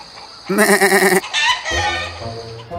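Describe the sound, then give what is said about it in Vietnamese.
A goat at a market lets out a loud, quavering bleat with a wavering, nasal pitch, followed by a shorter cry and then a lower, steadier bleating sound trailing off. “Bà ấy lại bảo tôi ra chợ đổi con dê lấy thứ gì đó tốt hơn.”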